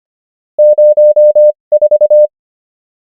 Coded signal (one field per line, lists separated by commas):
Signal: Morse code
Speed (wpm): 25 wpm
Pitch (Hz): 600 Hz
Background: none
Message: 04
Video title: morse code practice | 25wpm | 21fw | numbers | ENGLISH